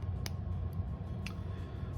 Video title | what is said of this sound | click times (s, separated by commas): Pilot Namiki Falcon - Pilot’s take on Semi-Flex | and that slides right in place with a little click | 0.3 s